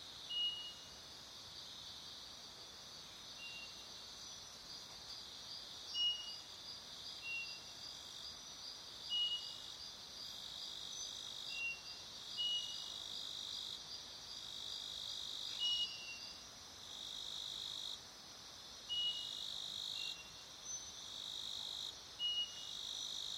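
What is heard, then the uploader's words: Rainforest ambience in Madagascar, dominated by a dense, steady high-pitched insect chorus that holds throughout. Short bright chirps recur every second or two above it, with a few louder calls near 6, 15 and 21 seconds, and little else underneath. The subtle sound of a primary rainforest in Madagascar. Wildlife tends to be shy and rather quiet in what's left of Madagascar's coastal rainforests. The soundscape is quiet and subtle.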